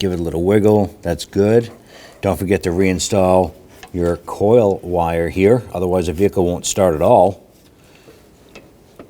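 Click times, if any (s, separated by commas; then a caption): none. Someone talks while the ignition coil wire on a 1997-2006 Jeep Wrangler is handled and lined up with the distributor cap's center terminal, which must be reinstalled or the vehicle won't start. After the talking stops around 7.3 s, it is quiet apart from two faint, brief ticks near 8.6 s and 9.0 s. Nothing has seated or clicked yet.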